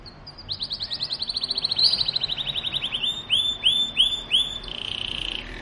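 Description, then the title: Belgian canary singing a rapid, high rolling trill that drifts slightly lower, then shifts into a run of arched whistled notes and ends on a sustained buzzy tone. Belgian canary breed; song meant to warm up and stimulate canaries to sing, described as the sound of a mating canary. "Canto Para Esquentar Canário Belga. suara kenari kawin"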